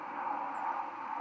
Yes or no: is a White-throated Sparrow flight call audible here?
no